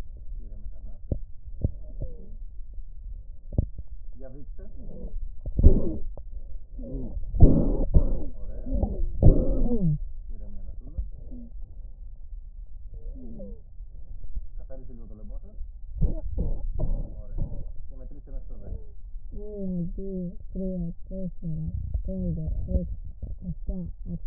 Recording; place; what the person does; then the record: lung sounds by stethoscope; right anterior apical chest; quiet breathing, then cough and speech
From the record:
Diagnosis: asthma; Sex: female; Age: 56 years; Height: 161 cm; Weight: 85 kg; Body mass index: 32.8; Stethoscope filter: extended mode